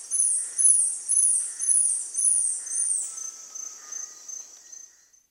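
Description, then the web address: Saddleback tamarin calling with high, thin descending whistles repeated about twice a second, fading after three seconds, with softer lower tones between them. Primate of the South American rainforest. "Natures Songs S America Primates of the Rainforest Saddleback tamarin"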